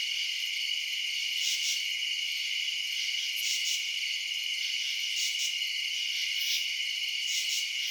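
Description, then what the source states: Cricket chorus of continuous high trilling, with louder pulsed chirps breaking through at irregular intervals. Crickets recorded at night in residential suburbs.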